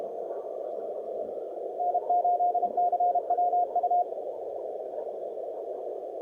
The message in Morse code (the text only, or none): N8CWU